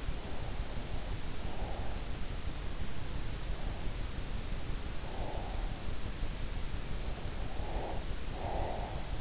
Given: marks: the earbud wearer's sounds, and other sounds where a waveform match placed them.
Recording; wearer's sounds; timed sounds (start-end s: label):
sounds in sleep by an in-ear microphone; breath
1.05-2.36 s: breath
4.63-5.84 s: breath
7.26-9.21 s: breath